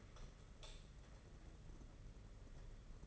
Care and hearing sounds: daily activity, microphone in the room; light on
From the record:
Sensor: 4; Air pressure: 992.7 hPa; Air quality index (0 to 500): 169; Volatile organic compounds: 248 ppm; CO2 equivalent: 4355 ppm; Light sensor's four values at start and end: 4/8/3/3 and 6/16/6/7

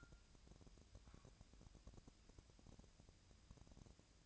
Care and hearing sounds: daily activity, microphone in the room; take from stove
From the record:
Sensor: 2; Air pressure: 999.9 hPa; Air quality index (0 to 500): 123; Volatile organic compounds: 2 ppm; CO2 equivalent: 1060 ppm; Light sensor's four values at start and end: 36/87/38/43 and 36/88/38/43

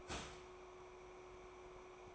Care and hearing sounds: daily activity, microphone in the room; start toaster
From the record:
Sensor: 1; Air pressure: 1014.7 hPa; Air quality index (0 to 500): 199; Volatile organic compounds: 33 ppm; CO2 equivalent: 3017 ppm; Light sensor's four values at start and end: 3/8/3/3 and 3/8/3/3

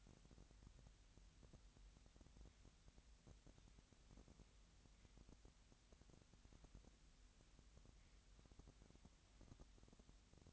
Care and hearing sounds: daily activity, microphone in the room; wipe stove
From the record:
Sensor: 3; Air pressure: 1003.1 hPa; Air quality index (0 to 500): 198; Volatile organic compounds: 6 ppm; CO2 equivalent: 1927 ppm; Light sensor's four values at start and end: 13/30/13/13 and 13/30/13/13

